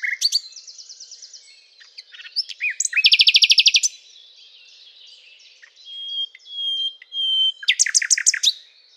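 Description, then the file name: Common nightingale song: quick repeated chirps, a loud rapid rattle of identical notes, a few pure sustained whistles, then a final burst of fast, strong repeated notes. "Luscinia megarhynchos"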